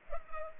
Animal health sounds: mosquito wingbeat signal from an infrared sensor; Culex pipiens

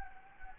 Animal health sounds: mosquito wingbeat signal from an infrared sensor; Anopheles gambiae

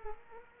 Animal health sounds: mosquito wingbeat signal from an infrared sensor; Culex quinquefasciatus

